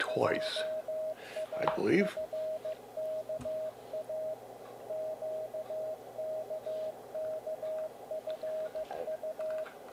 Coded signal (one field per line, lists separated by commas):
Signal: Morse code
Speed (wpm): 15 wpm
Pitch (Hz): 630 Hz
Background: speech, radio noise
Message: JAFKA QKKFU